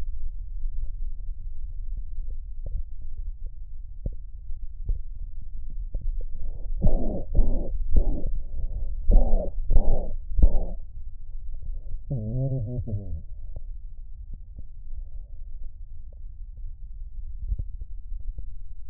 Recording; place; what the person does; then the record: lung sounds by stethoscope; left posterior basal chest; quiet breathing, then cough and speech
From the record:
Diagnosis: COPD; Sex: male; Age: 77 years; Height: 172 cm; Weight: 94 kg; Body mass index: 31.8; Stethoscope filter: extended mode